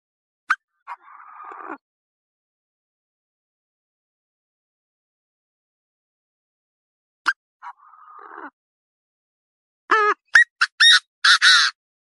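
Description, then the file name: Partridge calls: a sharp click and short buzzy rasp heard twice, several seconds apart, then a quick run of harsh rising notes ending in grating squawks. "Tieng ga go"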